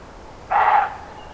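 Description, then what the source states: Roe deer giving a single short, harsh bark against quiet background hiss. Recorded 5 May 2011 on an MZ-N710 recorder.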